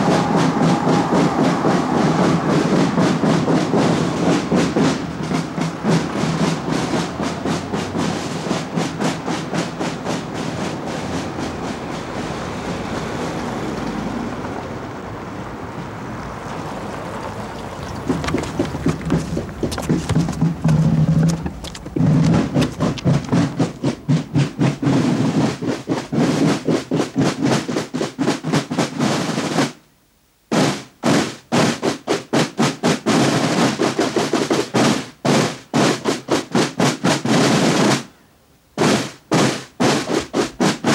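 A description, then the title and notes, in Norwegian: A youth brigade drums through city streets, with dense, rapid snare beats steady throughout. The drumming softens and dulls briefly around fifteen seconds, then returns at full strength. Two short breaks, near thirty and thirty-eight seconds, interrupt the rhythm. Lyden av trommende buekorps i gatene i Bergen. Mai-tog med buekorps.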